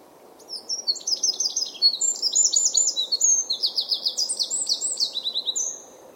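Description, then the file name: Eurasian wren singing a long, vigorous burst of shrill trills and twittering notes for about five seconds against a soft background hiss. "Troglodytes troglodytes"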